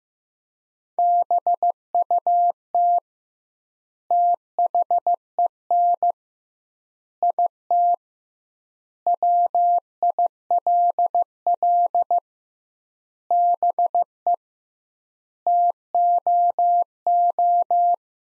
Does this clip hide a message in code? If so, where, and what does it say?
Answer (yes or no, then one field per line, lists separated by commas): yes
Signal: Morse code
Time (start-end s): 1.0-17.9 s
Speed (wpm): 16 wpm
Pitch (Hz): 700 Hz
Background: none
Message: BUT THEN IT WILL BE TOO